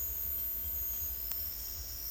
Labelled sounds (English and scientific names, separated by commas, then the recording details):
none
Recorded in secondary vegetation near Puerto Asís, Putumayo, Colombia, on 22 December 2024 at 09:30
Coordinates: 0.488, -76.319
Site GP04